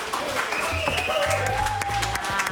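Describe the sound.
A studio audience in the Doelen studio on Schouwburgplein, Rotterdam, bursts into steady applause, dense clapping running throughout with a few whoops and raised voices cheering over it.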